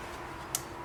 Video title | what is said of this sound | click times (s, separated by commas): 2004 to 2008 Pontiac Grand Prix 3.8 ignition module replacement | on the wires I hear that audible click when you're putting them in | 0.5 s